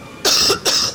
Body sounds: coughing mixed with background sound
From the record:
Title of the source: November cold (wet coughing)

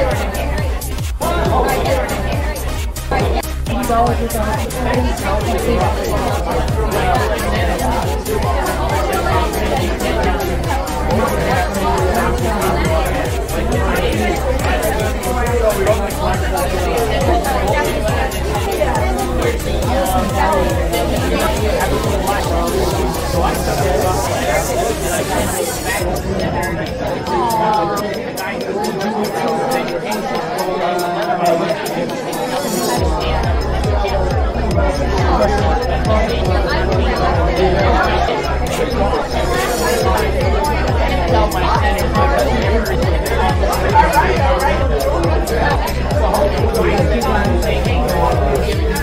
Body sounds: background sound without coughing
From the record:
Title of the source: Nightlife Party Simulating Party Club Noise 1 Hour

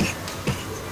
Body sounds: coughing mixed with background sound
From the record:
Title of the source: Dry Coughing Fit in the Afternoon.

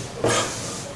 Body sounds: coughing mixed with background sound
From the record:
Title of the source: Cough Around the Clock!

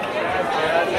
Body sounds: background sound without coughing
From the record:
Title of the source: CITY SOUNDS Busy Bar in the Evening Night - 2 HOURS of Ambiance for Relaxation

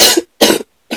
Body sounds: coughing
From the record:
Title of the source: 55 gaggy wet cough

